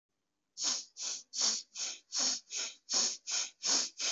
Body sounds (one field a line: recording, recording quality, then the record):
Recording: deep breathing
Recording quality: excellent, no background noise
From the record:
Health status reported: COVID-19 positive, no symptoms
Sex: male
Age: 28 years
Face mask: not worn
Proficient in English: no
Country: India